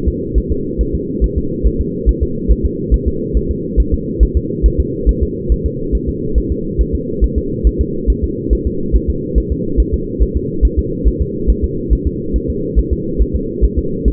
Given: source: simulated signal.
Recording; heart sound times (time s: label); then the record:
fetal heart sounds
0.08 s: S2
0.38 s: S1
0.52 s: S2
0.81 s: S1
0.95 s: S2
1.24 s: S1
1.38 s: S2
1.67 s: S1
1.81 s: S2
2.09 s: S1
2.23 s: S2
2.51 s: S1
2.66 s: S2
2.94 s: S1
3.08 s: S2
3.37 s: S1
3.51 s: S2
3.80 s: S1
3.94 s: S2
4.23 s: S1
4.37 s: S2
4.66 s: S1
4.80 s: S2
5.09 s: S1
5.23 s: S2
5.52 s: S1
5.66 s: S2
5.95 s: S1
6.09 s: S2
6.38 s: S1
6.52 s: S2
6.81 s: S1
6.95 s: S2
7.24 s: S1
7.38 s: S2
7.67 s: S1
7.81 s: S2
8.10 s: S1
8.24 s: S2
8.53 s: S1
8.67 s: S2
8.96 s: S1
9.10 s: S2
9.38 s: S1
9.52 s: S2
9.80 s: S1
9.94 s: S2
10.22 s: S1
10.36 s: S2
10.65 s: S1
10.79 s: S2
11.07 s: S1
11.22 s: S2
11.50 s: S1
11.64 s: S2
11.93 s: S1
12.07 s: S2
12.36 s: S1
12.50 s: S2
12.79 s: S1
12.93 s: S2
13.22 s: S1
13.35 s: S2
13.64 s: S1
13.78 s: S2
14.08 s: S1
From the record:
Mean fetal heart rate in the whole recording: 140 bpm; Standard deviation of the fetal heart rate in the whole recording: 2 bpm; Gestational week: 34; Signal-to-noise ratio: -6.6 dB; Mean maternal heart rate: 72 bpm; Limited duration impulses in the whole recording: present